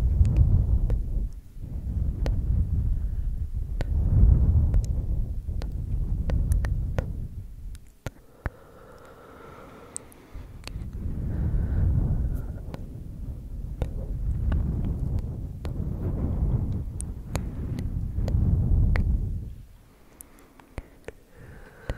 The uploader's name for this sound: layered ASMR bassy Breathing, Ear Blowing, Cupped Whispering & Unintelligible - clicky, close up